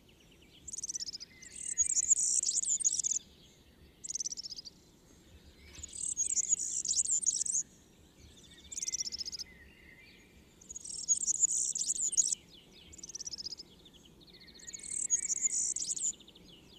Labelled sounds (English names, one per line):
Marsh Warbler song